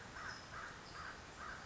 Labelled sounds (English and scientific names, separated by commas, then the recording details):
American Crow (Corvus brachyrhynchos)
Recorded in Sonoma County, California